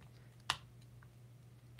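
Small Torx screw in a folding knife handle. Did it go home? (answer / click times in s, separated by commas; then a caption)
no / 0.5 s. A driver slips in the head of a small Torx screw in a cheap folding knife's handle during disassembly, giving a single sharp snap at 0.5 s over a steady low hum. The screw is stripped.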